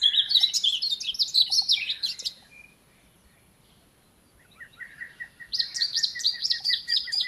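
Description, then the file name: Eurasian blackcap song: a rapid, varied warble of high twittering notes, a short pause, then a second phrase with quick repeated chips beneath brighter whistles. "Sylvia atricapilla"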